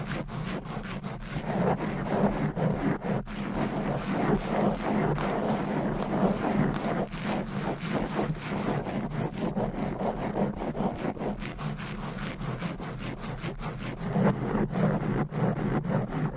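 Fast, aggressive scratching on a microphone cover, a dense continuous rasping with rapid strokes and a steady low rumble underneath throughout.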